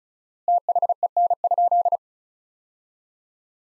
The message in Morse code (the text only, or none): THEN?